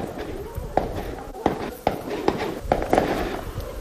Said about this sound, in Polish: To słyszę jakieś strzały. What are they shooting? Are they training? Aha. To jest posterunek policyjny izraelski, na którym w tej chwili odbywają się ćwiczenia strzeleckie, jak słyszymy. Jesteśmy, nie wiem, około 300 metrów od tego posterunku.